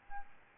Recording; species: mosquito wingbeat signal from an infrared sensor; Aedes albopictus